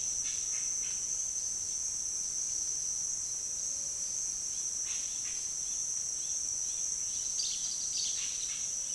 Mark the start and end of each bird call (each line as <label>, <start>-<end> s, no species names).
bird call, 4.81-8.94 s